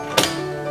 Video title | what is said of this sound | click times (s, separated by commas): DataRemote CDS-9090 & CDS-9010 Battery Replacement | You'll hear them click into place. | 0.2 s